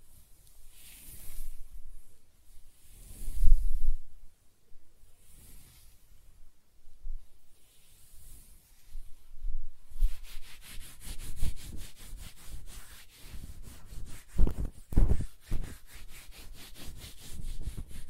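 Close-up hair sounds: slow, breathy brushing strokes in the first ten seconds, each a soft swell repeating about every two seconds. After that, faster scratching takes over, a dense run of short crackly rasps, with a few sharper, louder scrapes around fourteen to fifteen seconds.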